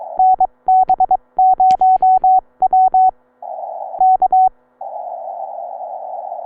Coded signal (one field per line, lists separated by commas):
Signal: Morse code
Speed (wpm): 22 wpm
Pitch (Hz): 750 Hz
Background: none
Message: NB0W K